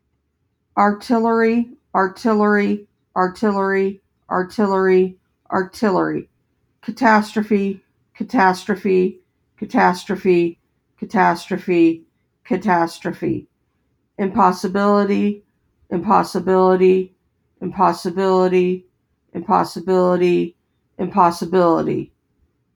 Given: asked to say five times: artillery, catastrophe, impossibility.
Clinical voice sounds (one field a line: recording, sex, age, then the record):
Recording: three words, each repeated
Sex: female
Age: 40 to 49 years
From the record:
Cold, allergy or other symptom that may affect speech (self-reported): no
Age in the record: 47 years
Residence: Kansas, United States